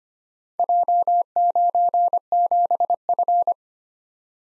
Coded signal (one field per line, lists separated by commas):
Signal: Morse code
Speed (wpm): 25 wpm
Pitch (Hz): 700 Hz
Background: none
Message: J97F